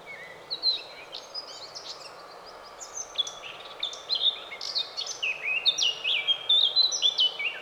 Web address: SETE Sylvia atricapilla